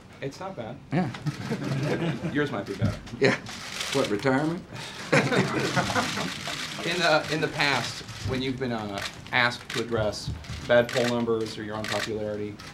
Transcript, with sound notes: It's not bad. Yes. Yours might be better. Yes -- what, retirement? (Laughter.) In the past, when you've been asked to address bad poll numbers or your own popularity,